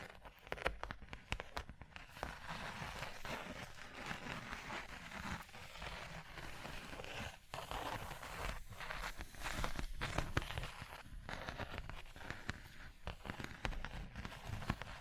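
Fingers tap, scratch and trace across a surface in a dense, continuous stream of small crackling contacts. Sharp taps stand out every second or so, with brief pauses near 7 and 10 seconds, while a soft low rumble stays underneath throughout.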